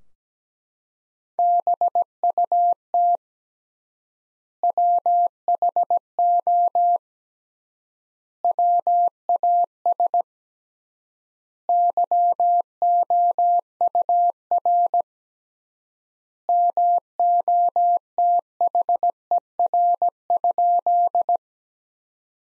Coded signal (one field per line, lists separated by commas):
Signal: Morse code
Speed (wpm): 17 wpm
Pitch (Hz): 700 Hz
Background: none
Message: BUT WHO WAS YOUR MOTHER?